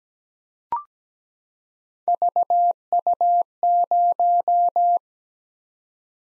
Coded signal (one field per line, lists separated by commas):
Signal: Morse code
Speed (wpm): 17 wpm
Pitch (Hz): 700 Hz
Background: none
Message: VU0